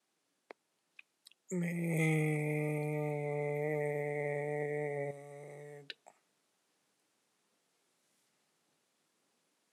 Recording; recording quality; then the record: sustained vowel as in made; excellent, no background noise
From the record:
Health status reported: healthy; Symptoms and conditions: diabetes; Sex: male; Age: 42 years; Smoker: not ticked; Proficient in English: yes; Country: India